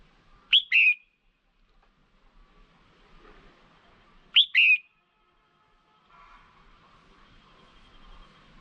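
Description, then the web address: Red-whiskered bulbul calls: two bright whistled double notes, each a sharp rising-falling phrase, about four seconds apart, with faint low rumble between. Female bird. "tieng chao mao mai. tieng dong vat"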